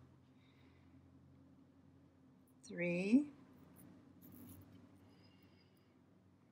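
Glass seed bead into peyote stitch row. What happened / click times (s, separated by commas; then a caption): Handled, not yet home: the small bead has not seated / none. Someone talks briefly while thread is drawn through beadwork so an 11/0 glass seed bead can settle into its slot in a peyote-stitch round. Faint soft ticks follow around 4.3 s over a low steady hum. The bead is still being handled and nothing has seated or clicked yet.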